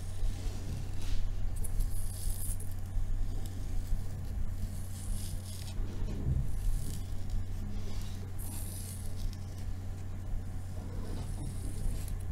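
Scratching and tapping on a pink table, with bright raspy scraping strokes recurring every few seconds, near 1, 2.5, 5, 8.5 and 11.5 seconds. A steady low hum runs underneath throughout, and the overall level stays fairly even.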